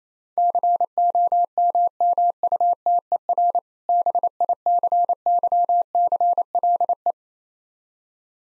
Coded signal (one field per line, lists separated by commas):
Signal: Morse code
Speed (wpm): 28 wpm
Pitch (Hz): 700 Hz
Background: none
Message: COMMUTER BICYCLE